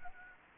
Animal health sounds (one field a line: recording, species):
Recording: mosquito wingbeat signal from an infrared sensor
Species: Anopheles gambiae